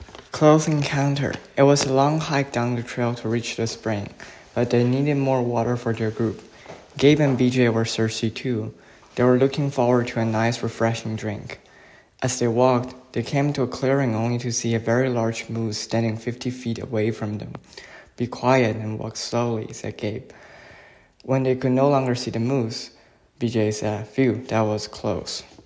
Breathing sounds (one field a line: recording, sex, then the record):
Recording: reading aloud after running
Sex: male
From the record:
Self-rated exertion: moderate exertion (3 of 6)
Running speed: 9 miles an hour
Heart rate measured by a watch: 104 beats a minute at the start, 92 at the end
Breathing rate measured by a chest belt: 25 breaths a minute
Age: 24 years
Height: 175 cm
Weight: 56 kg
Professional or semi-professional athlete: no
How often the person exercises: over 5 times a week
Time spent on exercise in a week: over 5 hours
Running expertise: yes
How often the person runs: over 5 times a week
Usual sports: running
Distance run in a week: 60 km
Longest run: 43 km